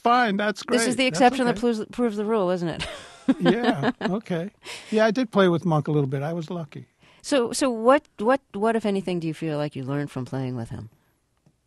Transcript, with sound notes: that's great.
This is the exception that proves the rule, isn't it?
(SOUNDBITE OF LAUGHTER)
Yeah, OK. Yeah, I did play with Monk a little bit. I was lucky.
So what if anything do you feel like you learned from playing with him?